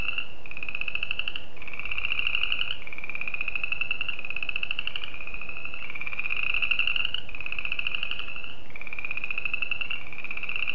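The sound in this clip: Spring peeper calling, a continuous shrill pulsing tone broken into short segments, each stepping to a slightly different pitch.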